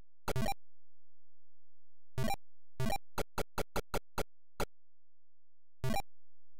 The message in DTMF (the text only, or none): none